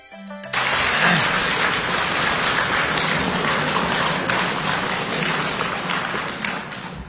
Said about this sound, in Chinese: 谢谢您的掌声。